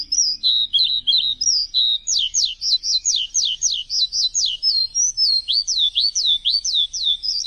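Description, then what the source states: Singing bird giving short chirps, then a quick rhythmic series of sharp up-and-down swept whistles without a break. Chirping bird song intended for training pet birds.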